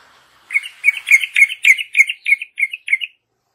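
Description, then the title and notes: Yellow-vented Bulbul song: about ten short, clear notes in a steady, slightly slowing series. Masteran tutoring song of a champion trucuk in the 'tembakan' song style. "MASTERAN Trucukan Tembakan. trucuk juara"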